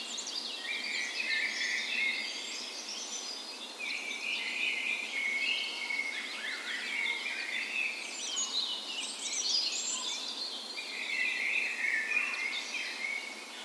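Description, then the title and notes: Dawn chorus of birds, a busy tangle of whistles, trills and twittering from several singers, constant throughout with brief louder bursts. Dawn chorus on the morning of 17 May, Norway's National Day, in a park west in Bergen, Norway, in spring; Sony PCM A10 recorder with LOM micro Usi mics as tree ears. "17th Of May Dawn Chorus. Recorded on the morning of Norways National Day the 17th of May in a park west in Bergen. Spring is in full effect, and the dawn chorus sounds wonderful!"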